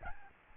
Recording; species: mosquito wingbeat signal from an infrared sensor; Aedes albopictus